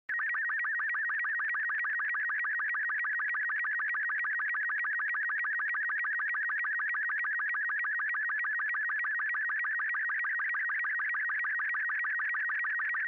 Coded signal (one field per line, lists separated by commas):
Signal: SSTV (slow-scan television)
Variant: Robot 36